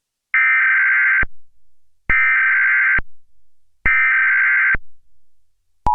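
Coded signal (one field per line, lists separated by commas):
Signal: Emergency Alert System (SAME) tones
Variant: header bursts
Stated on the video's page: Mock EAS alert built on a phone with an EAS builder app; SAME, attention and EOM tones taken from existing recordings, made for analog horror scenarios.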